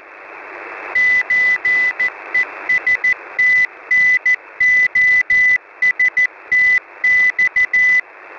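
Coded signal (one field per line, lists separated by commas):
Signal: Morse code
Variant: Russian alphabet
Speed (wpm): 14 wpm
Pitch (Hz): 2000 Hz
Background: none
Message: ЧЕСТНОСТЬ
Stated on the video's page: Russian military CW station on 5378 kHz sending a message in Russian Morse.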